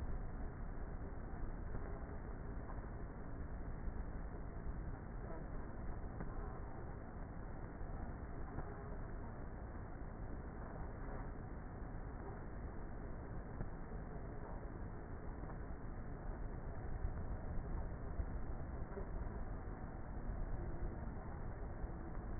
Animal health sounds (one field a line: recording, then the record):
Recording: honeybee colony, microphone inside the hive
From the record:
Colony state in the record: queenless with a low population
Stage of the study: before two queens were removed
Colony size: about 30,000 bees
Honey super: no